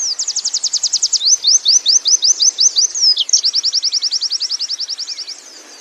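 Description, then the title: Canary song with a fast high trill, a series of slower rising notes, then a long rapid rattling trill fading out. Long-duration canary song recording intended for training (masteran) other songbirds. "Kicauan Kenari Durasi Panjang"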